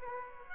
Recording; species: mosquito wingbeat signal from an infrared sensor; Aedes aegypti